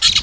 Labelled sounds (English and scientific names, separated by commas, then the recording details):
Brown-throated Parakeet (Eupsittula pertinax) contact call
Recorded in Venezuela
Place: Guárico; Corozopando; Fundo La Fe
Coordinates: 8.506, -67.593